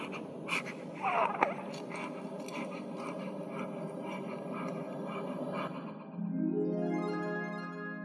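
Soft, rapid snuffly puffs repeat about twice a second over a steady hiss, the quick, noisy breathing of a newborn baby girl. Near the end, a high, tonal whimper begins.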